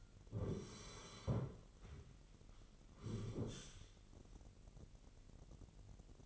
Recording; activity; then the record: daily activity, microphone in the room; sit down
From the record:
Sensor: 4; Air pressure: 999.4 hPa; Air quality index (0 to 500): 103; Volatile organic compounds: 2 ppm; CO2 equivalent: 1020 ppm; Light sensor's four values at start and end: 11/26/10/12 and 11/26/10/12